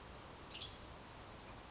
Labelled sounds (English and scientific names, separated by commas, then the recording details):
Western Tanager (Piranga ludoviciana)
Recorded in Sonoma County, California